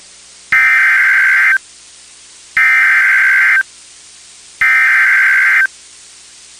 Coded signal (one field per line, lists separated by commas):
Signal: Emergency Alert System (SAME) tones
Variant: header bursts